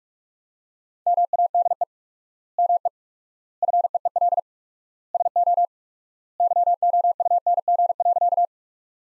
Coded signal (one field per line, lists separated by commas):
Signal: Morse code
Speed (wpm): 44 wpm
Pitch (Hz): 700 Hz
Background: none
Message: MADE ME FEEL SO YOUNG.